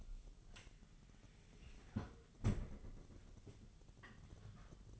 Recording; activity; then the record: daily activity, microphone in the room; close fridge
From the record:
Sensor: 4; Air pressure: 989.2 hPa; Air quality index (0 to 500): 224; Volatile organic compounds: 84 ppm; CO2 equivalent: 3638 ppm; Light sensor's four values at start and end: 25/88/32/34 and 26/91/33/35